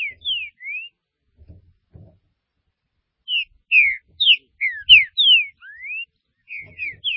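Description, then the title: Green-winged saltator singing rich whistled phrases of falling slurs and one long rising note, repeated after a pause, with light background knocks. "Trinca Ferro"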